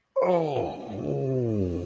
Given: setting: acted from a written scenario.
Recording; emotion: vocal sound without words; ecstasy